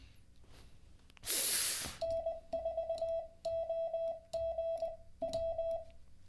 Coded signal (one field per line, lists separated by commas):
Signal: Morse code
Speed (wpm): 20 wpm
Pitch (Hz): 660 Hz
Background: none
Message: N4OGW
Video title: How to Learn Morse Code LIVE with N0SSC (Day 28)